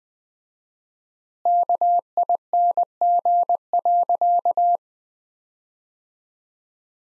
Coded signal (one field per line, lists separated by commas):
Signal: Morse code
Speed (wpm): 20 wpm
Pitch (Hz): 700 Hz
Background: none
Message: KING.